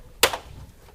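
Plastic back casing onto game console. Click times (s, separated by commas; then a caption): 0.2 s. The plastic back casing of an Xbox 360 game console is refitted during a Red Ring of Death repair, set on from the back end first and pressed until it clicks in. A single sharp, loud snap is heard at 0.2 seconds over a quiet background. The casing clicks in and is seated.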